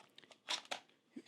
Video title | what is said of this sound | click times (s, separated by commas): How to setup a PS5 controller keyboard - Tutorial | very easily clicks into place as you can see it's really secure when you've done so | 0.7 s